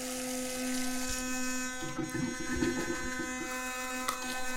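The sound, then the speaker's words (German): An electric toothbrush buzzes steadily for the whole clip, a constant mid-pitched electric drone whose tone wavers briefly midway as the bristles work. No one speaks. “Ich finde diese Zahnbürsten irgendwie...”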